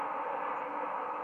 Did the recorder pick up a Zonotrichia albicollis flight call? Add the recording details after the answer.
no. Another species' flight call is heard. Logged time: 04:23 on 10 November 2014